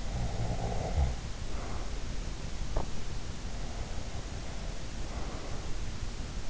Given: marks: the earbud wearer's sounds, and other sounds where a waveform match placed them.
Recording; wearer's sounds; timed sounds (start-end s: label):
sounds in sleep by an in-ear microphone; snoring breath, breath
0.00-2.03 s: snoring breath
4.22-5.81 s: breath